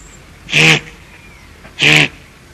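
Guanaco calls: two short, harsh, bleating bursts with a rich harmonic, nasal tone, about a second apart, over a quiet background.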